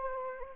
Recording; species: mosquito wingbeat signal from an infrared sensor; Anopheles arabiensis